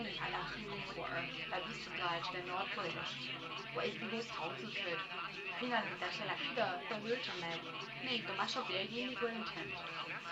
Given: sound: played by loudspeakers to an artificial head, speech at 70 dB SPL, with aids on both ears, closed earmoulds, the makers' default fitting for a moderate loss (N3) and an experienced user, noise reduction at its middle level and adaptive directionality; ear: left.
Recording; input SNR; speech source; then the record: speech test signal (ISTS) in cocktail-party noise; +3 dB; on the right (90 degrees)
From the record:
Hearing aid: class 1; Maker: F